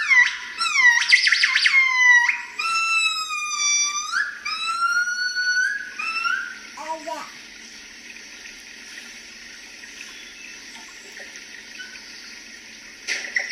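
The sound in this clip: Gibbon song with a quick run of rising whooped notes that slow down, then a steady background hiss.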